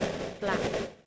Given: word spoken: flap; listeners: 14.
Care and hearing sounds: one English word in noise, from a listening test; noise modulated by three-talker babble; -4.6 dB; 0 of 14; 12 of 14; 0.66 s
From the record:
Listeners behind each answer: 12, 1, 1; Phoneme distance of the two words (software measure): 20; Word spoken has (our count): 1 syllable, 4 phonemes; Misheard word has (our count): 1 syllable, 4 phonemes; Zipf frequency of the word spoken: 3.79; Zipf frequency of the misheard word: 5.26

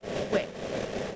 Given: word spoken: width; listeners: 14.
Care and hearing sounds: one English word in noise, from a listening test; noise modulated by three-talker babble; -3.4 dB; 0 of 14; 6 of 14; 0.76 s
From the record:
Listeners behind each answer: 6, 4, 2, 1, 1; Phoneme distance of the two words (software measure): 17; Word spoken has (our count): 1 syllable, 4 phonemes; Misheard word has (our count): 1 syllable, 3 phonemes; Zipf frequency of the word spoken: 3.62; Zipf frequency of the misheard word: 4.08

